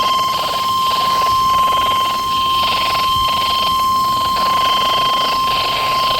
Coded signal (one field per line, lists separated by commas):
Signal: Emergency Alert System (SAME) tones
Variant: 1050 Hz attention tone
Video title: NWS Wilmington NC SVR (7/20/23)(EAS #1,217)